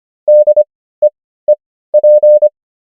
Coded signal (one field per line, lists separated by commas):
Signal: Morse code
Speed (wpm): 25 wpm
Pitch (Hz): 600 Hz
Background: none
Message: DEEP